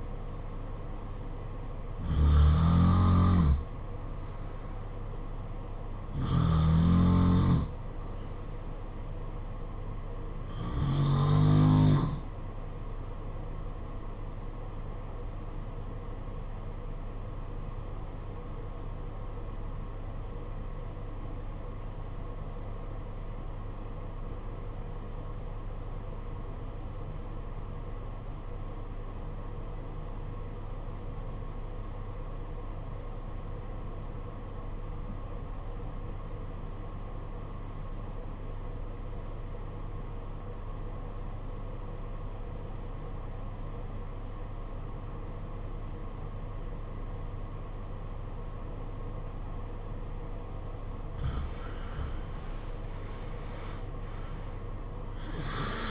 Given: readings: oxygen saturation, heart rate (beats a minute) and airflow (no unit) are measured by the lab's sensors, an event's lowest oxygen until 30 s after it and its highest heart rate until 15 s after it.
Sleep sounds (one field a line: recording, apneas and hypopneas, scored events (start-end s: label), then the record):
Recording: breathing in sleep by a smartphone at the bedside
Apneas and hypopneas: 1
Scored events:
15.00-51.00 s: obstructive apnea (N2, oxygen 95% highest, then 76% lowest, heart rate 51 at the start, 78 highest)
23.00-55.91 s: new sleep stage, REM sleep
From the record:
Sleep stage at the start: N2 (light sleep)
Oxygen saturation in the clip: 81 to 95%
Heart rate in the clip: 50 to 70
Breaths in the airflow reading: 5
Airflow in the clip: -13.0 to 10.8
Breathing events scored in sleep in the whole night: 476 in 9.7 hours asleep